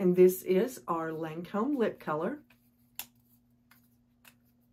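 Someone talks, then the cap of a Lancôme lip color lipstick case clicks shut onto the case with a sharp, short click at 3.0 s. Two fainter ticks follow at about 3.7 s and 4.3 s over a low steady hum, and the cap is seated.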